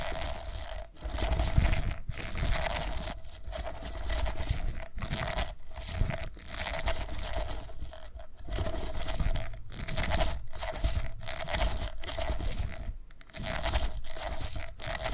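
Soft purring blends with dense scratchy, crunchy rubbing sounds that come in bursts, broken by brief pauses every second or so. A low rumble runs underneath, along with a faint steady tone that lasts through the whole stretch.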